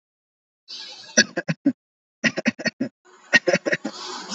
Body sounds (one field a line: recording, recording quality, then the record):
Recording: shallow voluntary cough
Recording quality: excellent, no background noise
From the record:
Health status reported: healthy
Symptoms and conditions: none ticked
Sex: male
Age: 25 years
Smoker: not ticked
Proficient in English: yes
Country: India